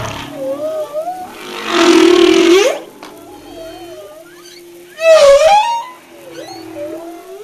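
Humpback whale song with gliding whistled moans, a long roaring wail, and a bright rising cry, moans continuing afterwards.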